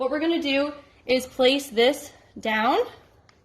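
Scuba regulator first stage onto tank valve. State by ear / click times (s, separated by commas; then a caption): not seated / none. A scuba regulator first stage is being handled and placed down onto a tank valve while someone talks, with a faint short tap near the end. Nothing has seated or clicked yet.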